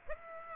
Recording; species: mosquito wingbeat signal from an infrared sensor; Aedes aegypti